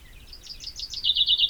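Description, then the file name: Common chaffinch song fragment: a quick series of high chirping notes building in loudness into a louder, rhythmic closing phrase. "Fringilla coelebs"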